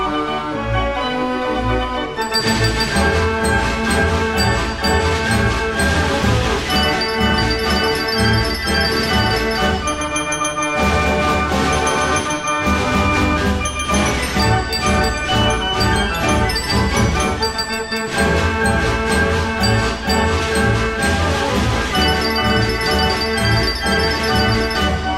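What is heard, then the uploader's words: A fair organ plays a bright, busy tune with steady loudness throughout, full of pipe-like tones, rhythmic bass and bell-like high notes. The music thins briefly near the start and again around eleven and eighteen seconds before filling back in. Fair Organ.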